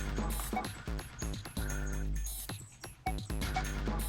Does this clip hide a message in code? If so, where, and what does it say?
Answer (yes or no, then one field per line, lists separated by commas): no